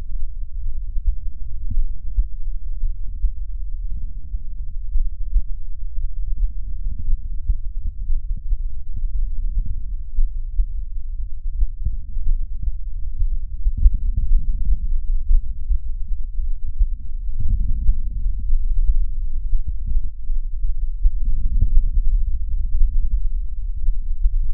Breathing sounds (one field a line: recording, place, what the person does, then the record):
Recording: lung sounds by stethoscope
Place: right anterior apical chest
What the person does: quiet breathing, then deep breathing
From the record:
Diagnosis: COPD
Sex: female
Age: 68 years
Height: 150 cm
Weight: 70 kg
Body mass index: 31.1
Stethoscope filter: bell mode